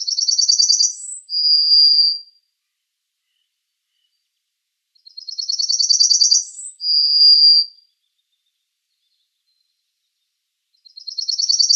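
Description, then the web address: Yellowhammer singing a rapid high rattle of repeated notes ending in a sustained lower note, the phrase repeated roughly every five seconds. "Schulze Peter Yellowhammer song"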